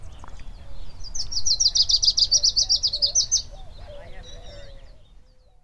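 Lucy's warbler opening with a rapid high trill of evenly spaced notes for about two seconds, followed by quieter low warbling notes.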